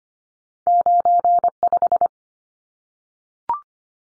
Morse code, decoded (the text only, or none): 95